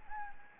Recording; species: mosquito wingbeat signal from an infrared sensor; Anopheles gambiae